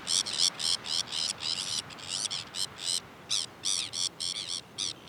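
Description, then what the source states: Sabine's gull giving harsh, grating, tern-like calls in rapid bursts, several per second, with short pauses between runs of notes. Recorded on Jan Mayen on 14 July 2024.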